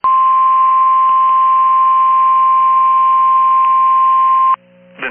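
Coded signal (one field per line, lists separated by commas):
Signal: Emergency Alert System (SAME) tones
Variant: 1050 Hz attention tone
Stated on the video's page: Back-to-back Virginia severe thunderstorm warning SAME alerts received on NOAA Weather Radio from Manassas, Virginia.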